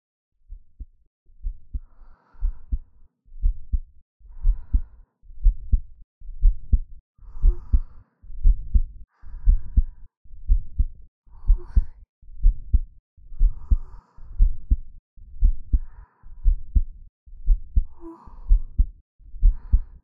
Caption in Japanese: 私の心臓の音。 ゆっくり、トクンと。って鳴ってる音。